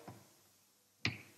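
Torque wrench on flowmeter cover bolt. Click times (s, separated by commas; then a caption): 1.1 s. A torque wrench tightens the bolt on the opposite side of the metal cover of a Macnaught MX flowmeter housing. A faint low thump at about 0.1 s is followed by one sharp click at 1.1 s, when the wrench reaches torque.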